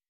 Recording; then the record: hydrophone in a shrimp aquaculture tank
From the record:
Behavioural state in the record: weakened